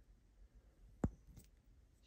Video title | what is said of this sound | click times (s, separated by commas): Mafex Hush Batman Blue Medicom Toys Reissue Action Figure Review | pops right in | 1.0 s